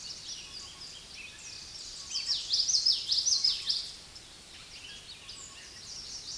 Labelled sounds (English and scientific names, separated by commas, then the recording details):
Common Yellowthroat (Geothlypis trichas) song
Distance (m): 20 m
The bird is about 10 m above the microphone
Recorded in a Pennsylvania forest on 16 May 2024 at 06:34
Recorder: AudioMoth, point MSD-2061
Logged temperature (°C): 16.1 °C
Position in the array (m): 243 m, 175 m